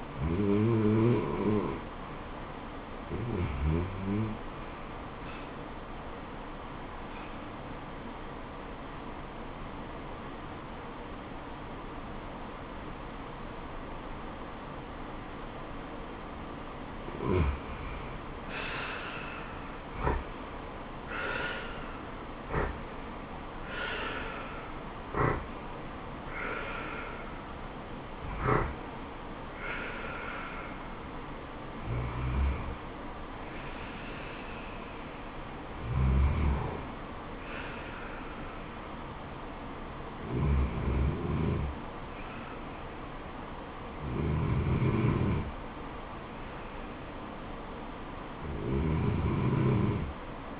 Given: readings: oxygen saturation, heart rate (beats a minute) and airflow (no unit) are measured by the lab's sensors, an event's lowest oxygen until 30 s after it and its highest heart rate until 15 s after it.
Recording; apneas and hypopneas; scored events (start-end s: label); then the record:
breathing in sleep by a voice recorder at the bedside; 1
5.00-20.30 s: hypopnea (REM, oxygen 89% highest, then 81% lowest, heart rate 70 at the start, 85 highest)
9.00-50.60 s: new sleep stage, N1 (lightest sleep)
From the record:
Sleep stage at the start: REM sleep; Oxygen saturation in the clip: 81 to 96%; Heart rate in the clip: 66 to 85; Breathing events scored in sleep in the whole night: 426 in 7.4 hours asleep